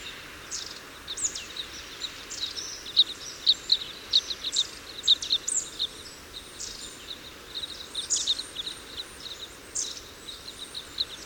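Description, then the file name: Red crossbill flight calls: many high chips in a rapid, irregular series over a faint hiss. Call type N; flight calls. "Red Crossbill Type N - FCs"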